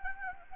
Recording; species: mosquito wingbeat signal from an infrared sensor; Anopheles gambiae